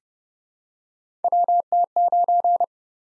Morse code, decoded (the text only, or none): WT9